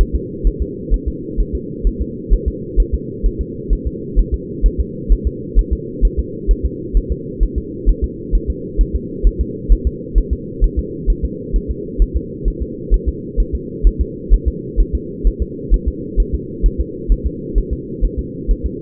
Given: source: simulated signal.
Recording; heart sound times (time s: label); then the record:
fetal heart sounds
0.01 s: S1
0.15 s: S2
0.47 s: S1
0.62 s: S2
0.94 s: S1
1.08 s: S2
1.40 s: S1
1.55 s: S2
1.87 s: S1
2.01 s: S2
2.33 s: S1
2.48 s: S2
2.80 s: S1
2.94 s: S2
3.26 s: S1
3.41 s: S2
3.73 s: S1
3.87 s: S2
4.19 s: S1
4.34 s: S2
4.66 s: S1
4.80 s: S2
5.12 s: S1
5.27 s: S2
5.59 s: S1
5.73 s: S2
6.05 s: S1
6.19 s: S2
6.51 s: S1
6.66 s: S2
6.97 s: S1
7.12 s: S2
7.43 s: S1
7.58 s: S2
7.89 s: S1
8.04 s: S2
8.35 s: S1
8.50 s: S2
8.81 s: S1
8.95 s: S2
9.27 s: S1
9.41 s: S2
9.72 s: S1
9.87 s: S2
10.18 s: S1
10.33 s: S2
10.64 s: S1
10.79 s: S2
11.10 s: S1
11.25 s: S2
11.56 s: S1
11.71 s: S2
12.02 s: S1
12.17 s: S2
12.48 s: S1
12.62 s: S2
12.94 s: S1
13.08 s: S2
13.40 s: S1
13.55 s: S2
13.87 s: S1
14.01 s: S2
14.33 s: S1
14.48 s: S2
14.80 s: S1
14.95 s: S2
15.27 s: S1
15.42 s: S2
15.74 s: S1
15.88 s: S2
16.20 s: S1
16.35 s: S2
16.66 s: S1
16.80 s: S2
17.12 s: S1
17.26 s: S2
17.58 s: S1
17.73 s: S2
18.05 s: S1
18.19 s: S2
18.51 s: S1
18.66 s: S2
From the record:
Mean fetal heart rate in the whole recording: 130 bpm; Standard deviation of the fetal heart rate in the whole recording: 2 bpm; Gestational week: 36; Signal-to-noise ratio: -4.1 dB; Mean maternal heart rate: no maternal heart sound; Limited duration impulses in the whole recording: absent